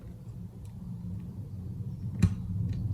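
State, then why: Partly seated. The front piece of a snap is set onto its back post on a faux leather key fob, giving a sharp click at 2.2 s over a low steady hum, with fainter ticks around 0.7 s and 2.7 s. The snap clicks on but is not yet secure, since it still has to be pressed together to lock.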